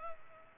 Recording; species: mosquito wingbeat signal from an infrared sensor; Culex pipiens